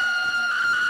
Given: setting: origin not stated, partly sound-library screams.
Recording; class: one-second piece from a danger detection set; woman in danger